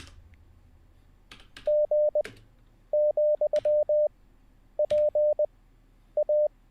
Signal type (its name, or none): Morse code